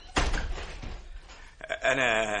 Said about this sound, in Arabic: يدخل غريغوري حاملا حقيبتين. ديبورا تغلق الباب خلفه.